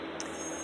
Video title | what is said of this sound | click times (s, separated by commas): Stihl carb and fuel filter replacement | feel it click into place, and like I said, that comes with experience | 0.2 s